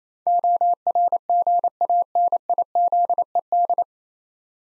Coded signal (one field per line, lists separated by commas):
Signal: Morse code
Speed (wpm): 29 wpm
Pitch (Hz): 700 Hz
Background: none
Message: ORGANIZED